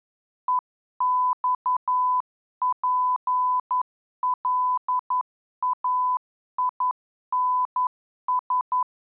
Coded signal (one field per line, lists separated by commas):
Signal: Morse code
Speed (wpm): 11 wpm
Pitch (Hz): 1000 Hz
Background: none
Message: EXPLAINS